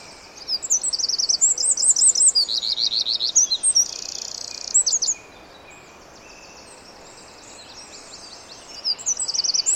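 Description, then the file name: Eurasian wren song: a fast burst of high, sharp notes and a dry rattling trill for about five seconds, then quiet before another high burst starts near the end. "Troglodytes troglodytes"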